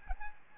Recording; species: mosquito wingbeat signal from an infrared sensor; Aedes albopictus